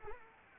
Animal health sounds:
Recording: mosquito wingbeat signal from an infrared sensor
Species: Anopheles arabiensis

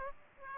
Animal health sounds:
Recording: mosquito wingbeat signal from an infrared sensor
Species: Aedes aegypti

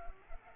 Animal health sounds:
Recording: mosquito wingbeat signal from an infrared sensor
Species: Culex pipiens

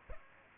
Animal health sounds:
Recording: mosquito wingbeat signal from an infrared sensor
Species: Aedes aegypti

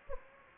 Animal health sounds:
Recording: mosquito wingbeat signal from an infrared sensor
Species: Anopheles gambiae

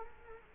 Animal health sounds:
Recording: mosquito wingbeat signal from an infrared sensor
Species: Culex quinquefasciatus

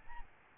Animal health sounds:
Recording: mosquito wingbeat signal from an infrared sensor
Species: Aedes albopictus

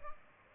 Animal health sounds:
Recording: mosquito wingbeat signal from an infrared sensor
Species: Aedes albopictus

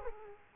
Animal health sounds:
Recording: mosquito wingbeat signal from an infrared sensor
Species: Aedes aegypti

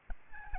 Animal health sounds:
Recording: mosquito wingbeat signal from an infrared sensor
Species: Aedes albopictus

